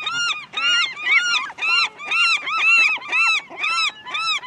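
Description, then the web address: Gull calls: a steady series of harmonic, arching squealed notes, about two each second, nine in all, with no other clear sounds. "seagull"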